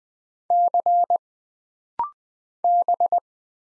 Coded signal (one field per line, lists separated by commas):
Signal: Morse code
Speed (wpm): 20 wpm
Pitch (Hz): 700 Hz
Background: none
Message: C B